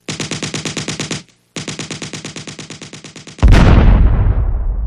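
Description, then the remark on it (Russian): Rapid bursts of automatic gunfire rattle in a steady stutter, pause briefly, resume, then give way to a loud, booming explosion with a long rumbling roar as a shooting target loaded with melinite blows up. “Невольно дернувшись от неожиданного взрыва, и не он один, кстати, Чагин невозмутимо поинтересовался.”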